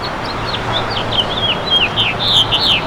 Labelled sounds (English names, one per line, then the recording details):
House Finch song
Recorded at Bay Shore on Long Island, New York, on 29 May 2013
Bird E